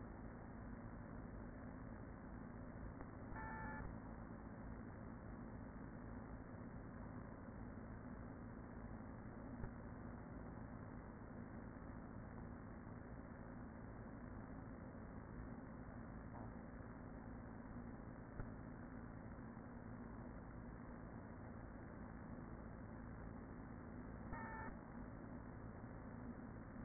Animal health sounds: honeybee colony, microphone inside the hive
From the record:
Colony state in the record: queen present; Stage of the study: after two queens were removed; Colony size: about 40,000 bees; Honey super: no

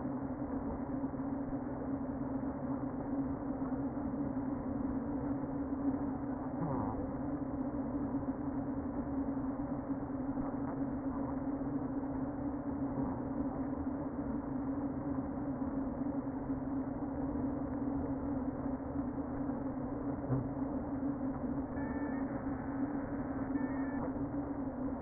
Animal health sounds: honeybee colony, microphone inside the hive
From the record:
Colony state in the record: queen present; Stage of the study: before two queens were removed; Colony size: about 60,000 bees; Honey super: yes

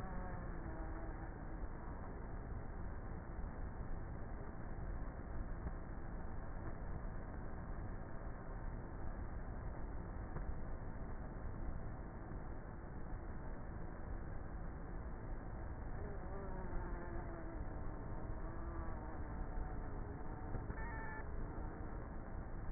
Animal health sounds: honeybee colony, microphone inside the hive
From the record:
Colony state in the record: queenless with a low population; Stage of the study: before two queens were removed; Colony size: about 30,000 bees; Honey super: no

